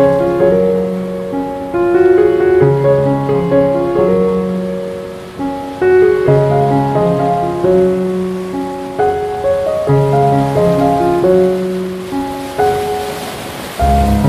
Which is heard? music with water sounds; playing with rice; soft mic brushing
music with water sounds